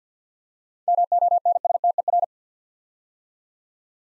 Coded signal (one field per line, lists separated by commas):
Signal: Morse code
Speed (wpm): 49 wpm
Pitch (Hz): 700 Hz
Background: none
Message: MONSTER